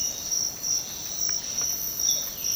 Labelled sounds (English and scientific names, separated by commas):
none